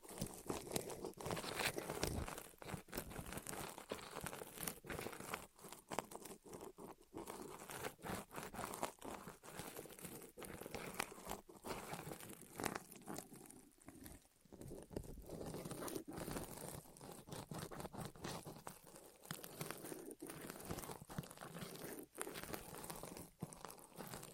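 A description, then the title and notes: ASMR rolling sounds over the ears: a dense, continuous crinkling and crumpling texture with rapid crackly clicks throughout. The rustle stays busy and fairly even, easing a little around fourteen seconds before building again, with a soft low rumble underneath. ASMR Rolling On Your Ears (No Talking).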